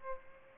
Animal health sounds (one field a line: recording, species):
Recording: mosquito wingbeat signal from an infrared sensor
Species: Aedes albopictus